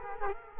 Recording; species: mosquito wingbeat signal from an infrared sensor; Culex quinquefasciatus